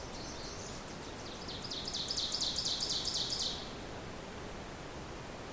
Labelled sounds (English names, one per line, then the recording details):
Ovenbird song
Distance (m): 40 m
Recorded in boreal forest in Alberta, Canada, on 26 May 2016 at 07:16
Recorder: SongMeter 3, array SBT-3-15
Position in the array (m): 44 m, 223 m
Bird 20